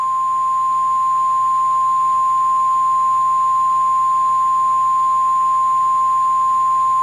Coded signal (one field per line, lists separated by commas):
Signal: Emergency Alert System (SAME) tones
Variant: 853 and 960 Hz attention tone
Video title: EAS Mock: PDS SVR